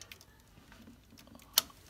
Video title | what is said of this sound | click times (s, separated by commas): Upgrade Your Memory RAM to Make your Computer Faster (Corsair Vengeance & GSKILLS RAM) | you can hear click here you can see this came back in and that's | 1.6 s